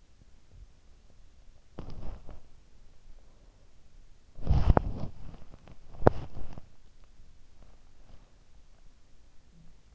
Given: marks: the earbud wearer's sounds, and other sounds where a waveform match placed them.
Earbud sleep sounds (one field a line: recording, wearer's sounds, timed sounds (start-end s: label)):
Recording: sounds in sleep by an in-ear microphone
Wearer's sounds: body movement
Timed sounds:
0.00-9.20 s: body movement